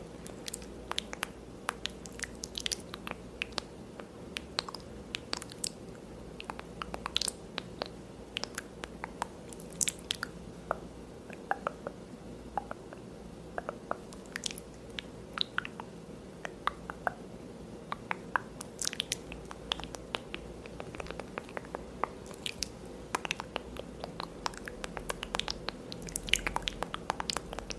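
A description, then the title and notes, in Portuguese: Wet mouth sounds fill the recording: quick clicks, smacks and soft squishy pops arrive every fraction of a second in an irregular, dense stream. Underneath runs a steady low hum. ASMR de encenação colorindo o seu rosto com canetas coloridas e sons de boca.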